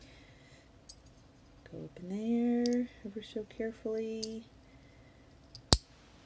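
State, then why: Seated. A replacement bag cutter assembly, a plastic slider on its track, is pressed into the lid of a FoodSaver V3230 vacuum sealer with the notches aligned and the spring held in place while someone talks. It snaps home with one sharp click at 5.7 s, seating the cutter in the lid track.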